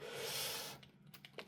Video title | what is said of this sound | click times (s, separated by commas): Review of G.I. Joe Classified Cobra Big Boa figure number 114 | head on should hear a pop to go in okay | 1.4 s